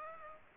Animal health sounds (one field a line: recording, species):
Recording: mosquito wingbeat signal from an infrared sensor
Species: Aedes aegypti